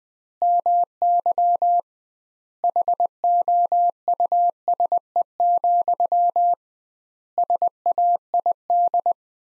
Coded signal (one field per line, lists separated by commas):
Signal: Morse code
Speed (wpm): 21 wpm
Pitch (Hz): 700 Hz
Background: none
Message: MY HOUSE, SAID